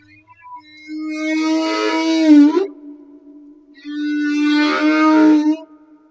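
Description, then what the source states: Humpback whale song of two long, harmonic, somewhat nasal wails over a steady tone. Madagascar.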